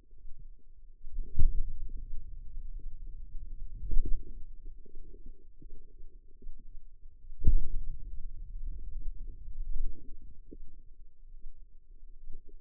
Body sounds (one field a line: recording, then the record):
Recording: forearm muscle sounds (acoustic myography)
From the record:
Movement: finger pinch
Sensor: system 2, bracelet of six BSWA MPA416 microphones around the upper forearm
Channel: 6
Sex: female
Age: 25 years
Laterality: right